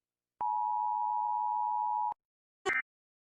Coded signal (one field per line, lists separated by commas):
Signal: Emergency Alert System (SAME) tones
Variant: 853 and 960 Hz attention tone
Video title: Rating EAS Alarms part 5 (message at beginning)